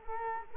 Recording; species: mosquito wingbeat signal from an infrared sensor; Culex quinquefasciatus